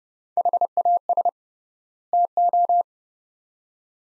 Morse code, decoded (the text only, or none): HAS TO